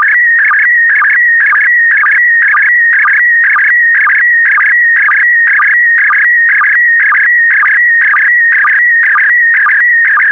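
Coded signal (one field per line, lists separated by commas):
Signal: SSTV (slow-scan television)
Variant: PD120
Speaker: complete. You can now check your decoded image against the picture that is shown on the video.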